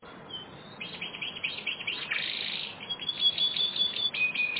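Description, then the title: Canary song, a dense stream of high chattering notes and trills that grows busier and louder after the first second. "kenarijos"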